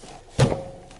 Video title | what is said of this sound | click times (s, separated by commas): wrx steering wheel replacement | Alright, you see that? Hear it pop? | 0.4 s